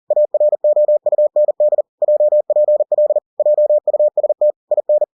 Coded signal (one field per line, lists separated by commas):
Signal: Morse code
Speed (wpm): 40 wpm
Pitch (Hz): 600 Hz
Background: none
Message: AROUND JPL JUST IN